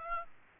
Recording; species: mosquito wingbeat signal from an infrared sensor; Aedes aegypti